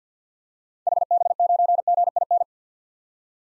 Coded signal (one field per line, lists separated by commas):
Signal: Morse code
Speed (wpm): 48 wpm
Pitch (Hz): 700 Hz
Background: none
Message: HB9GIN